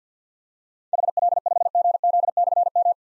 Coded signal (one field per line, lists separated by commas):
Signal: Morse code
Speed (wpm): 52 wpm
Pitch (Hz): 700 Hz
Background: none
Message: HL5GZ/M